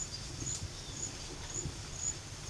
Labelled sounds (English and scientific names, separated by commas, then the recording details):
none
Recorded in pastures near Puerto Asís, Putumayo, Colombia, on 8 March 2025 at 12:30
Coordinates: 0.487, -76.322
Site G077